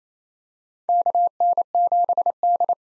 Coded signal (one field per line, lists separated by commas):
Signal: Morse code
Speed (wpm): 28 wpm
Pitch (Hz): 700 Hz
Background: none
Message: KN7D